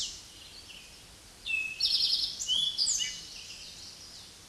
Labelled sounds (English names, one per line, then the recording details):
Eastern Towhee song
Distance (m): 10 m
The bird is about 5 m above the microphone
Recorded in a Pennsylvania forest on 16 May 2024 at 06:10
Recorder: AudioMoth, point MSD-2166
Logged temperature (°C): 16.3 °C
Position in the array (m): 108 m, 6 m